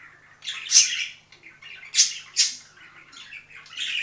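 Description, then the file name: Budgerigar warble with three loud raspy squawks among quieter chirping chatter, irregular in timing. "penie volnistyx popugaev"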